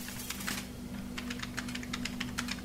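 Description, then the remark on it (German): Rapid typing on a computer keyboard, a dense, uneven stream of crisp key clicks that keeps going the whole time over a low, steady electrical hum. “Ohne ein weiteres Wort zu sagen, schnappte sich JD die Tastatur und ließ die Finger fliegen.”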